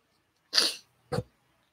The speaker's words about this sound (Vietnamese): Kim Việt thiền sư ho nhẹ một tiếng rồi chậm rãi hỏi một câu